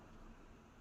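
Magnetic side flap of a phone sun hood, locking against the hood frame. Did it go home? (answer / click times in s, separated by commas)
no / none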